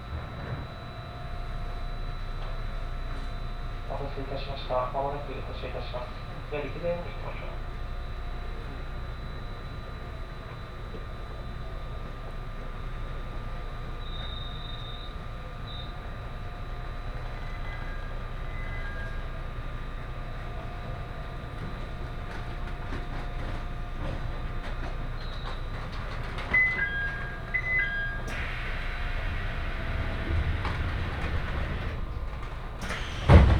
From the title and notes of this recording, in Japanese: 仙石東北ライン快速 石巻→高城町。帰りは仙石東北ラインの快速に乗ります。ハイブリッド気動車HB-E210系。４両編成。